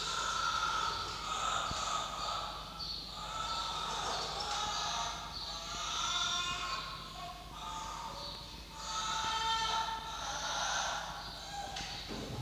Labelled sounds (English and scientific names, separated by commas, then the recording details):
Red Fox (Vulpes vulpes)
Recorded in captivity
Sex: female
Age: juvenile
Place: Zoologisches Institut der HUB, Berlin, DE
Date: 1953-06-08 16:35
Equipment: Elmetra
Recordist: Tembrock, Günter
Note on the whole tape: Molly (auf 16-5): Winseln erstmalig